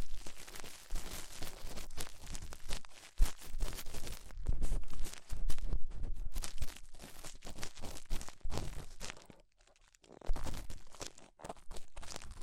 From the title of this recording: Ear Cleaning Rhinestone & Clay Removal